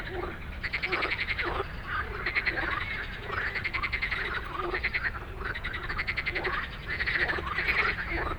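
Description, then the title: Frogs calling together in a steady chorus of rasping, rapidly pulsed croaks that overlap and rise and fall in bursts. Many frogs giving an evening chorus after dark in Stromovka Park, Prague; 18 May 2022 from 22:08, recorded with a Sony PCM-D100. "Stromovka Park, Prague - Frog concert at Stromovka after dark"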